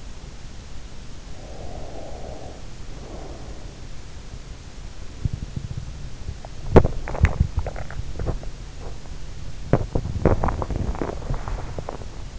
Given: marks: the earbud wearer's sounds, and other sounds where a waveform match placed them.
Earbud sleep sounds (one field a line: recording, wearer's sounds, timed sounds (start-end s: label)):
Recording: sounds in sleep by an in-ear microphone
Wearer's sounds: breath, body movement, swallowing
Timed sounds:
1.29-3.87 s: breath
6.52-12.39 s: body movement
7.07-8.50 s: swallowing